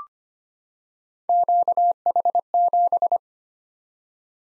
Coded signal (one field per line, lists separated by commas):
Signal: Morse code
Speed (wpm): 25 wpm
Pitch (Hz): 700 Hz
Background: none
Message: QH7